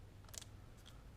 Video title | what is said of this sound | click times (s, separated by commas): DJI Osmo Action Unboxing & Initial Impressions | satisfying a little click | 0.4 s